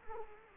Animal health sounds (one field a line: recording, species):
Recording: mosquito wingbeat signal from an infrared sensor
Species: Culex quinquefasciatus